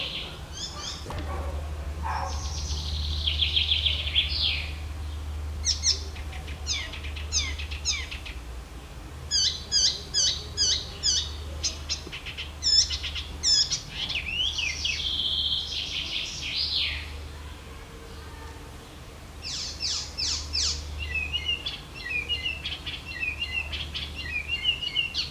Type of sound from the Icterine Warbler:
song